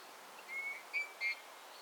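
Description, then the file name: Eurasian bullfinch producing three soft, level piping whistles in quick succession, clear above low background hiss. "Pyrrhula pyrrhula"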